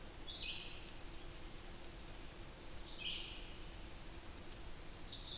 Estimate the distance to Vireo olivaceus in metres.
about 35 m